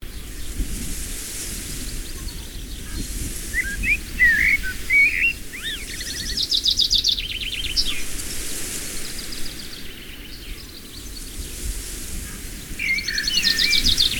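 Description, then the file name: Birds calling with short whistled and chirping notes in bursts, some rising and falling, over a steady low rumble of wind. Birds in the evening breeze. "ecologie sonore arte-onf nature - brise du soir oiseaux"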